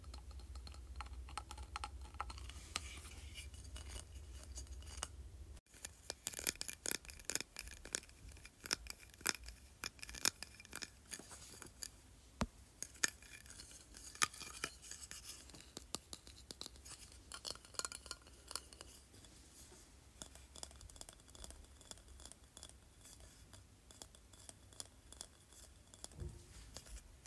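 Quick, irregular tapping on a plastic trophy, dense clicky taps, with a low hum that drops out near five seconds.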